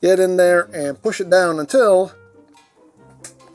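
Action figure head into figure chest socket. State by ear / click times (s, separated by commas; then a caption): seated / 3.2 s. Someone talks while pushing the plastic mastodon head of a Power Rangers Lightning Collection ZAP Megazord action figure down into its clip in the tyrannosaurus chest socket. After a quiet stretch, a single sharp snap is heard at about 3.3 s as the head seats securely in place.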